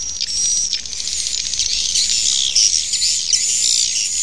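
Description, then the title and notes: Swiftlet twittering, a thick, continuous high-pitched chatter of many overlapping chirps and buzzes with no clear pauses. Sound used for swiftlet farming in Asia. "Swiflet Bird Sound. Farming Swiflet Bird asia sound"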